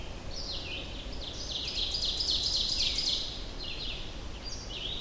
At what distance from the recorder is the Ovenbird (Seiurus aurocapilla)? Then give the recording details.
about 40 m. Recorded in boreal forest in Alberta, Canada, on 25 June 2016 at 07:48. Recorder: SongMeter 3, array SBT-6-76. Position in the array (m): 18 m, 110 m. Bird 2